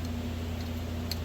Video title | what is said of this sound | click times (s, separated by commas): Fork rebuild and front wheel build for the 86 Micky Dymond replica | Look at that, snapped right in there. Good to go. | 1.1 s